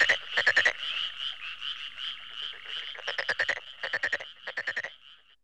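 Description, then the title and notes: Frog croaks: groups of short clattering pulses with pauses between them, over a continuous background trill. "NHK効果音集 - 3-カエル"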